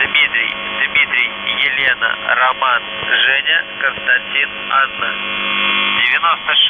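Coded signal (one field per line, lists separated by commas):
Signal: coded military voice message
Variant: UVB-76, Russian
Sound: a voice reading a message over a narrow radio channel with steady hum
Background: radio hum and static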